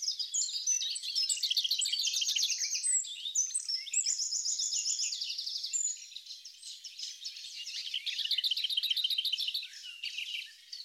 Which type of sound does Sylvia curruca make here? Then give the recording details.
song. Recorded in the wild. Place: Flögelner See, Schleswig-Holstein, DE. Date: 2009-05-26. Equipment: MiniDisc Sharp MT 20 H. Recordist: Schwarz, Dieter. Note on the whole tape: Song